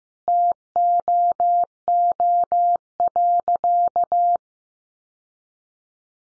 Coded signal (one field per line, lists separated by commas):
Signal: Morse code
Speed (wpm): 15 wpm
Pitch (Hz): 700 Hz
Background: none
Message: TOO.